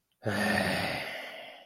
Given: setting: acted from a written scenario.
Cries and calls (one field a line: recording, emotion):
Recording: vocal sound without words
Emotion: contempt